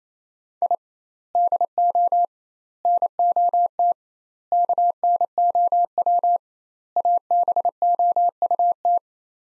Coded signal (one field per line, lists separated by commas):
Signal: Morse code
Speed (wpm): 28 wpm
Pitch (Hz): 700 Hz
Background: none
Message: I DO NOT KNOW ABOUT